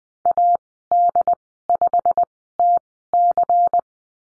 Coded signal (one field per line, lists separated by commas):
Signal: Morse code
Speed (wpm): 20 wpm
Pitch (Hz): 700 Hz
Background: none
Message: AD5TC